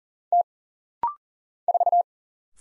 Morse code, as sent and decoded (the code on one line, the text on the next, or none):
- / ....-
T 4